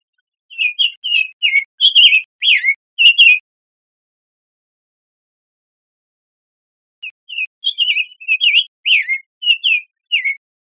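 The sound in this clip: Summer tanager song: two bursts of short, slurred whistled phrases, each about three seconds long and separated by a pause of roughly four seconds, with no other sounds.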